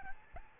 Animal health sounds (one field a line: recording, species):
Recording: mosquito wingbeat signal from an infrared sensor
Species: Aedes albopictus